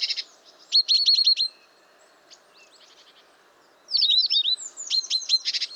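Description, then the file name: Great tit calls: a short buzzy burst, then quick runs of sharp, hooked, high notes in two bursts separated by a pause, ending with another harsh buzzy rasp. "Parus major"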